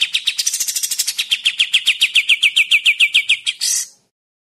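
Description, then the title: Bulbul song of rapid repeated high chips, slightly falling in pitch, steady rhythm for several seconds, ending in a short rough buzzy burst. Song used for training caged birds. "Masteran Kapas Tembak"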